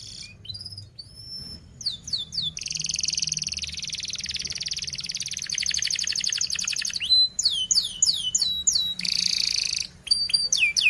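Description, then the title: Canary song with an extended buzzy rattling trill lasting several seconds, broken by bright descending whistled sweeps and another short buzzy roll near the end. Canary in full, rapid, dense chirping song, played as a lure to teach young canaries to sing. "Kenari Gacor Speed RAPAT Cuit Cuit Ngero L Untuk Pancingan Kenari Paud Belajar Bunyi"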